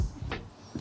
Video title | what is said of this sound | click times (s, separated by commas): WIRE HELL - Episode 77 of Locost 7 Kit Car FULL BUILD!! - (Project 7-UP) | this is clicking clicking so to demonstrate should you just click them in | 0.3 s